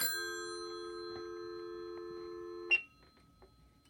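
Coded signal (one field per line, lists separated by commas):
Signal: telephone call progress tone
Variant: North America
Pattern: dial tone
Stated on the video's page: Dialing and call progress tones from tandem stacking over VoIP, using C*NET and Google Voice PSTN trunks.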